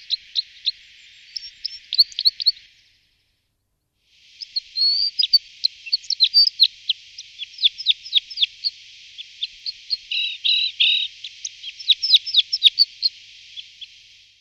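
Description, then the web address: Crossbill calls, a dense stream of sharp high chip notes with one brief pause. "Klest"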